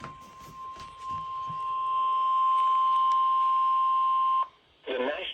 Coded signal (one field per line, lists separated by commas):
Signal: Emergency Alert System (SAME) tones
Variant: 1050 Hz attention tone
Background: speech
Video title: EAS Snow Squall Warning WXL40 EAS#201